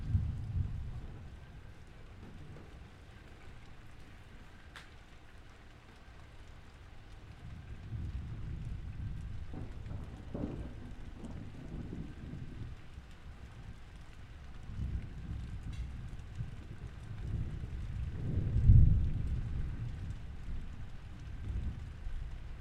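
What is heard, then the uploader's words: Rain pours steadily through a thunderstorm at 5.00am in northern Italy, a fine patter over a deep, shifting rumble. Low thunder swells around eight to twelve seconds and again near eighteen, where a sharp crack breaks through before the rumble fades back. A huge thunderstorm passes overheard at 5.00am in northern Italy - this recording is made from an open patio door directly out into the storm. Pouring rain clatters against the wooden shutters, while cracks of thunder rumble ominously and break overhead. Recorded by Cities and Memory. The 5.00am thunderstorm.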